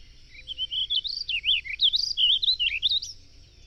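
Bird song: a fast run of high, sharply modulated whistled notes, rising and falling, delivered continuously for about three seconds.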